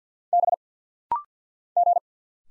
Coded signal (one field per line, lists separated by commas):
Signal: Morse code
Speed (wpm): 50 wpm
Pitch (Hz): 700 Hz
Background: none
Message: B G